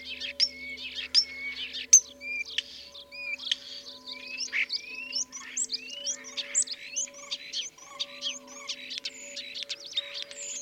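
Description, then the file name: Common starling song, a busy medley of thin whistles, slurred rising notes, clicks and rattles, delivered rapidly and without break, over a steady low hum. "life dviete. sturnus vulgaris"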